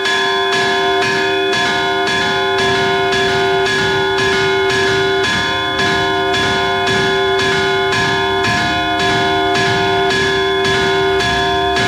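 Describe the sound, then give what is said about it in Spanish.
Two bells of the late-19th-century San Lázaro parish church in Santiago de Compostela ring steadily and loudly, their strikes overlapping in a regular rhythm, with bright sustained metallic tones humming between each stroke and no voices present. “Están sonando dos campanas de esta parroquia de San Lázaro en Santiago.”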